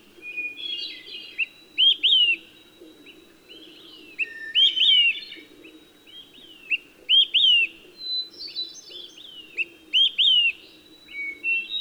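Olive-sided flycatcher singing its loud three-part whistled phrase, a short note then two slurred whistles, repeated every few seconds, with softer chips and a low steady hum beneath.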